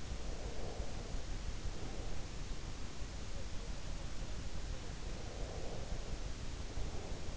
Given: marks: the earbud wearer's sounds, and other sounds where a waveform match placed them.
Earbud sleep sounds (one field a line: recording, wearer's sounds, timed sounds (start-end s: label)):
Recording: sounds in sleep by an in-ear microphone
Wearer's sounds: breath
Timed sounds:
0.40-2.49 s: breath
5.01-7.37 s: breath